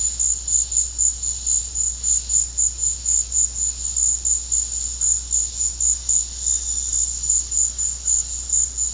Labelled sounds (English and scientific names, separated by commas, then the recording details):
none
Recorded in secondary vegetation near Puerto Asís, Putumayo, Colombia, on 13 March 2025 at 15:30
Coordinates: 0.484, -76.319
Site G010